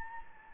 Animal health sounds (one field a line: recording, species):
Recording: mosquito wingbeat signal from an infrared sensor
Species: Anopheles gambiae